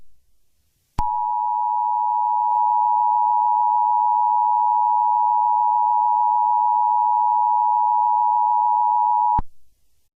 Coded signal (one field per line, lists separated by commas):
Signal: Emergency Alert System (SAME) tones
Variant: 853 and 960 Hz attention tone